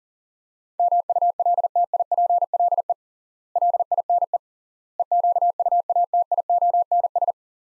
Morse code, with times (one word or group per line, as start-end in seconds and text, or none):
0.8-2.9 MULTIPLE
3.6-4.4 LINE
5.0-7.3 EQUATIONS